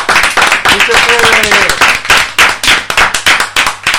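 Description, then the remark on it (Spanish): A crowd bursts into loud, sustained applause celebrating two people who signed a social rent agreement after struggling to stay in their home, dense clapping filling the whole stretch, with a brief voice calling out over it early on. “Así que aplauso”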